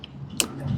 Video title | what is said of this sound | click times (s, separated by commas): How to Replace the battery on a 2022 Jeep Renegade without spending hundreds of dollars | Make sure it clicks. Make sure you hear that click. | 0.4 s